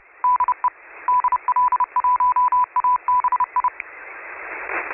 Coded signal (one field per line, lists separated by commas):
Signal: Morse code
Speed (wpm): 30 wpm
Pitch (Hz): 1000 Hz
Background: radio noise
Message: DE DL1ABI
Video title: SSTV RX062722